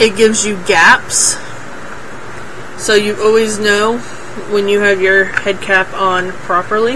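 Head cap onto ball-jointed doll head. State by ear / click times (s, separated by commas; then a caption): not seated / none. Someone talks while the resin head cap of a ball-jointed doll is handled to be pressed onto the doll's head, with a steady low background hum between phrases. Nothing has seated or clicked into place yet.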